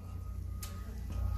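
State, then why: Seated. A second J-hook latch is swung over the recovery tank door of a PowerBoss Nautilus HD rider floor scrubber and pressed until it locks. A single short click at 0.6 s rises over a steady low hum. The latch seats and locks into place.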